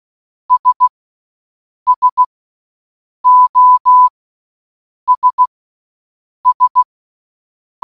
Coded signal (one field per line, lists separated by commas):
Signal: Morse code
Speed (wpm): 16 wpm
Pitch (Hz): 1000 Hz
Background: none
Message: S SOS S